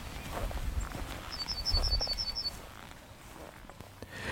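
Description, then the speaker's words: Yellowhammer song: a short, rapid series of several thin, high repeated notes, with footstep sounds and low rumble around it. Singing nearby from the top of a hawthorn bush; song likened to 'a little bit of bread and no cheese'. "And there's a yellowhammer singing nearby from the top of a hawthorn bush."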